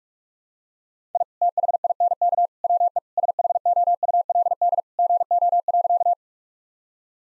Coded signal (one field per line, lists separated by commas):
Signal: Morse code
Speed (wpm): 46 wpm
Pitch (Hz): 700 Hz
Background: none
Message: I THINK WE SHOULD GO.